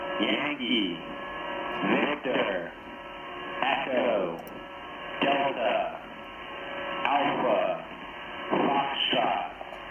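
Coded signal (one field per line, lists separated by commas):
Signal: coded military voice message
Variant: Emergency Action Message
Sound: radio voice reading short clipped words one after another, steady pace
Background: radio static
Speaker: I say again so that was an emergency action message that's a nuclear attack option they're broadcasted by the Pentagon on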